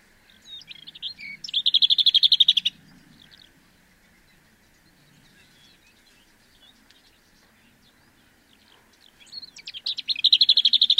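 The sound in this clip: Lesser whitethroat giving two dry, rapid rattling bursts, one early and one at the end, each preceded by soft twittering notes, with a quiet gap between.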